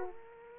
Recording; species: mosquito wingbeat signal from an infrared sensor; Aedes aegypti